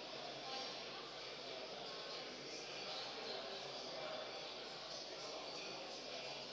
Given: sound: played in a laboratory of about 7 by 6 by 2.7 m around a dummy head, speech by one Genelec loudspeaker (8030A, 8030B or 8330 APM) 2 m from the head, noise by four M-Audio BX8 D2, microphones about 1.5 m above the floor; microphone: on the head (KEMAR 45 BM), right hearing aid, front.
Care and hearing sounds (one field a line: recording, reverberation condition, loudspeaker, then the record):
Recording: cafeteria noise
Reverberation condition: high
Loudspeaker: four, about 170 cm from the corners of the room and facing them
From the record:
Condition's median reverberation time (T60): about 1300 ms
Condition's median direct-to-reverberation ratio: about -4.0 dB